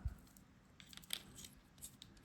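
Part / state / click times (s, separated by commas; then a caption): component into electric fireworks firing system housing / seated / 1.1 s. After being reassembled, a part of an electric fireworks firing system is pushed into its plastic housing, with a low thump at the start followed by light plastic scraping and crinkling. A sharp click at 1.1 s marks the part seating in the housing.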